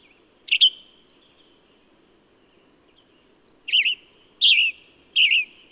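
Bird chirps: one sharp doubled note, a three-second pause, then three warbling high chirps in quick succession, with a quiet hum behind.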